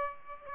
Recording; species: mosquito wingbeat signal from an infrared sensor; Aedes aegypti